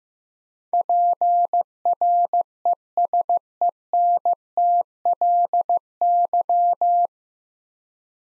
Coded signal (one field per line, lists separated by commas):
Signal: Morse code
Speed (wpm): 16 wpm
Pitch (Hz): 700 Hz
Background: none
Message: PRESENTLY